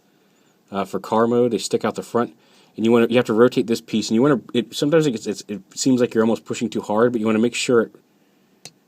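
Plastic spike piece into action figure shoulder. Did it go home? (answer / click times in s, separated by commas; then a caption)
yes / 8.7 s. A rotating plastic spike piece on the shoulder of a Transformers: Beast Hunters Bumblebee figure is pushed firmly until it seats against the shoulder, so the arm can move freely without the spikes flopping around. Someone talks for most of the clip, then after a brief pause a single sharp click is heard at 8.7 s as the piece clicks into place.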